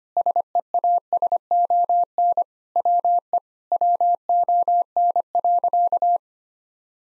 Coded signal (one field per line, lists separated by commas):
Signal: Morse code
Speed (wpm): 25 wpm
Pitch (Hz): 700 Hz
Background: none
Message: SEASON WE WON.